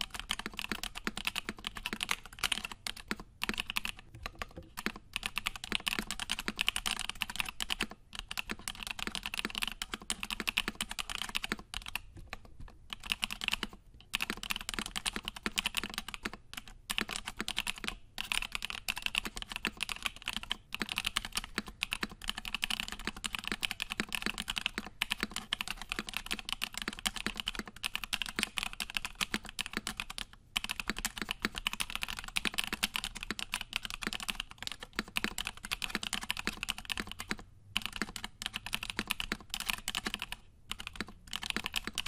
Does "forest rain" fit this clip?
no